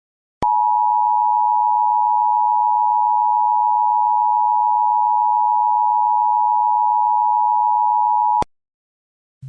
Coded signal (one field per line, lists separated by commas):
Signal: Emergency Alert System (SAME) tones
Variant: 853 and 960 Hz attention tone